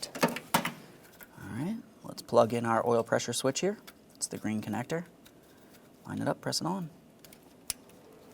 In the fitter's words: Listen for a click, a light tug, confirming that's properly secured.